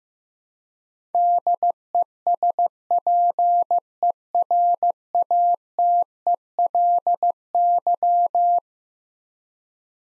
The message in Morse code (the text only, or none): DESPERATELY